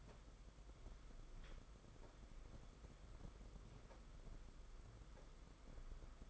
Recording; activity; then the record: daily activity, microphone in the room; walk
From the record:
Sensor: 5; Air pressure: 990.8 hPa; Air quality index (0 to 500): 147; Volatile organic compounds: 142 ppm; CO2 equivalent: 3987 ppm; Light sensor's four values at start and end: 42/130/50/53 and 42/130/50/53